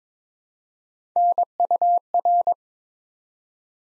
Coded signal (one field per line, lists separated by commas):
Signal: Morse code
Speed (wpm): 22 wpm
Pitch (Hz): 700 Hz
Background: none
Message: NUR